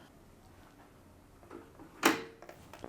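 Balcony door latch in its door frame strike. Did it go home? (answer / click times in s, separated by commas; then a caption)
yes / 2.1 s. Someone works the accessible balcony door of a hotel room, and its metal latch clicks sharply in the door frame strike at 2.1 s after a softer knock around 1.5 s. A few faint taps follow, and it is unclear whether the door is latching shut or being unlatched to open.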